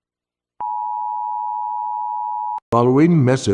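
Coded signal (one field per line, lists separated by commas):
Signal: Emergency Alert System (SAME) tones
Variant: 853 and 960 Hz attention tone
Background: speech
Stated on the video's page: Fictional scenario alert about a war invasion.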